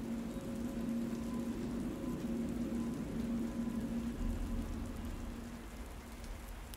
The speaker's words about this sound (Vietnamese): Quan ông kẻ mỉm cười buồn bã, đoạn lấy chiếc dù bước đi vội vã trong cơn mưa chiều nặng hạt.